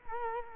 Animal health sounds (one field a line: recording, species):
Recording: mosquito wingbeat signal from an infrared sensor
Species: Culex quinquefasciatus